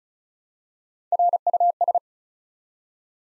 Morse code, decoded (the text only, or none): RUS